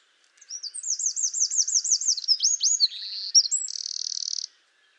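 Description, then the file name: Eurasian wren singing a loud, high, rapid phrase: repeated looping whistled notes, a few sharp downslurs, then a fast buzzy trill ending abruptly after about four seconds. "Troglodytes troglodytes"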